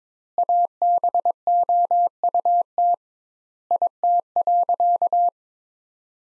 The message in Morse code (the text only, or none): ABOUT IT.